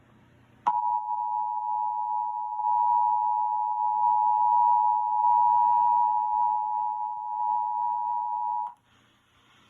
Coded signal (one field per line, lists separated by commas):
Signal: Emergency Alert System (SAME) tones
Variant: 853 and 960 Hz attention tone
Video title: EAS Test While Watching Something!